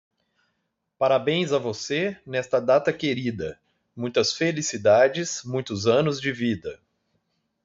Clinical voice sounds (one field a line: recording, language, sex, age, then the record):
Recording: short text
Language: Brazilian Portuguese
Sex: male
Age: 40 to 49 years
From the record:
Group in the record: control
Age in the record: 46 years